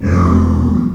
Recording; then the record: squeal of a Yucatan mini pig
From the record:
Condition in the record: after surgery on the right vocal fold (resection and tissue-engineered implant); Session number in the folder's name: 16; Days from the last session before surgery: 183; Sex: female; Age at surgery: 19 weeks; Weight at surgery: 25 kg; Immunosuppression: prednisolone